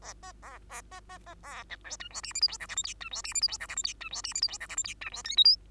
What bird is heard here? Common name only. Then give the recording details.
Bengalese Finch. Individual Bird2